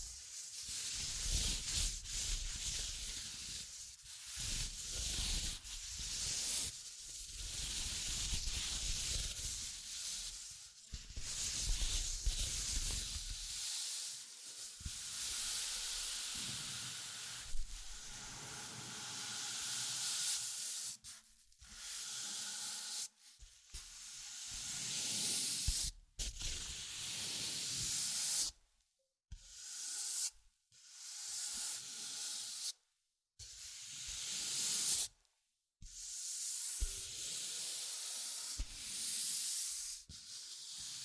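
Scratching and tracing across a surface make a dense, bright, hissing rasp that runs almost without pause, marked by short strokes and brief dips. A low rumble sits under the first dozen seconds. After about 28 seconds, sudden silences chop the sound into short bursts.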